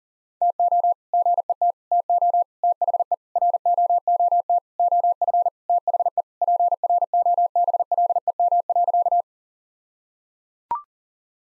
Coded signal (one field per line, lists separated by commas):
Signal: Morse code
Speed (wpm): 37 wpm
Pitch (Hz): 700 Hz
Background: none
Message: TO GET TO THE ROOT OF THE PROBLEM.